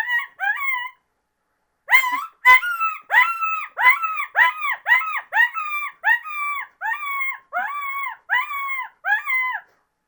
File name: Coyote Pup Distress